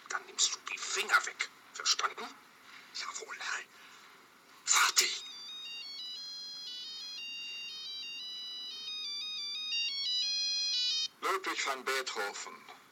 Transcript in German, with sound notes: dann nimmst du die Finger weg, verstanden?
Jawohl, Herr… Vati.
(telefoniert laut) Ludwig van Beethoven…